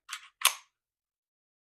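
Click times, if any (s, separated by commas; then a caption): 0.5 s. A CZ52 pistol's steel slide is lined up on the frame during reassembly, pushed down and pulled back. A softer metallic scrape at 0.1 s is followed by a sharp mechanical click at 0.5 s as the slide locks into place on the frame, then silence.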